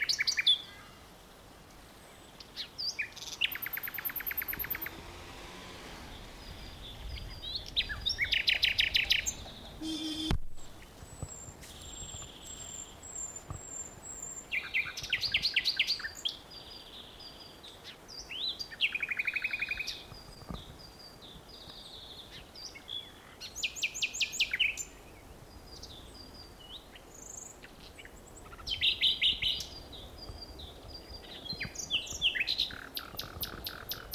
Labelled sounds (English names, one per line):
Common Nightingale